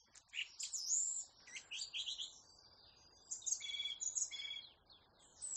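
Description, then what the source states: Song thrush song: high, varied whistled and chirpy phrases in quick bursts, some notes repeated. Song thrush repeating varied phrases, one phrase sounding almost like a telephone.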